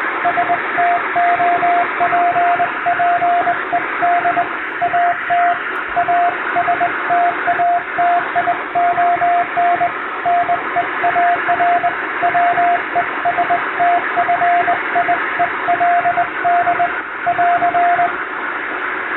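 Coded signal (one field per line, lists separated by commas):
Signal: Morse code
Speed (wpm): 21 wpm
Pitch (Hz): 700 Hz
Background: radio noise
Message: STOPPED AT A STATION NEAR WESTFIELD <AR>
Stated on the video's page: Morse practice in English-language CW sent by hand on a vertical straight key, from a telegram practice book.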